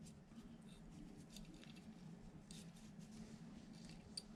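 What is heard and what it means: After its retaining screw is unscrewed with a small allen wrench, the metal front sight is pulled out of a Taurus GX4 pistol slide. Faint scratchy metal ticks sound over a low steady hum, then a sharp click comes at 4.2 s as the front sight comes free of the slide.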